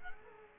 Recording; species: mosquito wingbeat signal from an infrared sensor; Culex quinquefasciatus